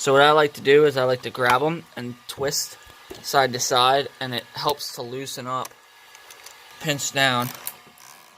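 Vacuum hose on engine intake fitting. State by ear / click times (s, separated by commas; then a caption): released / 6.1 s, 6.5 s. A stuck rubber vacuum hose on an engine intake fitting of a 2015+ WRX, pulled during engine removal for a clutch change, is gripped and twisted side to side to loosen it while someone talks. In a quiet stretch, two short clicks sound at 6.2 s and 6.5 s. The line breaks free of its fitting and is released.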